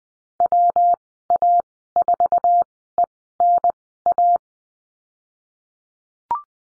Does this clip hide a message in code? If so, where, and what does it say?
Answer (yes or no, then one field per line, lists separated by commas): yes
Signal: Morse code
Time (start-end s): 0.4-4.4 s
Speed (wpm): 20 wpm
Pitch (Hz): 700 Hz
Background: none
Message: WA4ENA